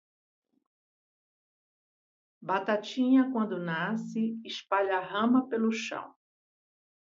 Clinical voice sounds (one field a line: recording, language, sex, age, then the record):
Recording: short text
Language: Brazilian Portuguese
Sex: female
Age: 70 to 79 years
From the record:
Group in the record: control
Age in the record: 71 years